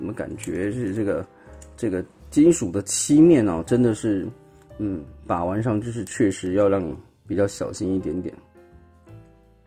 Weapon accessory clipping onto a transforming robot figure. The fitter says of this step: 把它给扣上，哎，也刚没扣到。